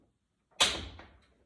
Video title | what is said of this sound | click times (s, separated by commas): Complete Instructions on How to Change to the New PowerRise Batteries | Did you hear that snap? It just grabbed it. | 1.0 s